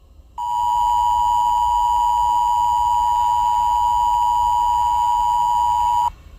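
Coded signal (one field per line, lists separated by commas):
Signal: Emergency Alert System (SAME) tones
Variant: 853 and 960 Hz attention tone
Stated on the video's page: Fictional Emergency Alert System scenario about a character attacking people; simulated, not a real alert.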